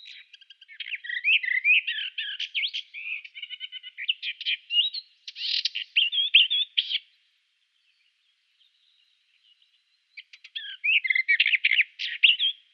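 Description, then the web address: Western Orphean Warbler song: long runs of rich, varied warbling notes for about seven seconds, a pause of roughly three seconds, then another lively warbled burst. "Schulze Peter Western Orphean Warbler song"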